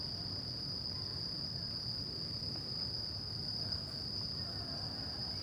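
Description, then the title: Crickets trilling in an unbroken high-pitched drone, with low rumbling noise underneath. At night in a park in Shinjuku, Tokyo, Japan; recorded with DPA 4060 AB microphones into a Deity PR-2. "Arrondissement de Shinjuku, Japon - Shinjuku Gyoen Park - Crickets at night"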